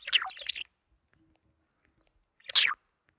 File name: Bird Budgie Song